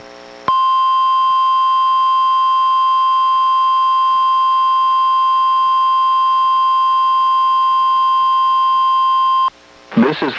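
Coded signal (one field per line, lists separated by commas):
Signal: Emergency Alert System (SAME) tones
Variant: 1050 Hz attention tone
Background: speech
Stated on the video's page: NOAA Weather Radio Required Weekly Test relayed by an Astoria station, received on a Reecom R-1630 weather radio and recorded with a Zoom H1.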